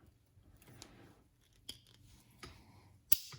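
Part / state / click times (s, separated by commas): metal wire terminal into plastic connector housing / seated / 3.1 s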